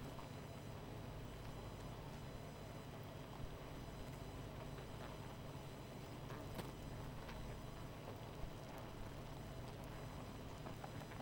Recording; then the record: honeybee colony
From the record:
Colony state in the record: missing queen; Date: 14 July 2017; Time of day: 21:37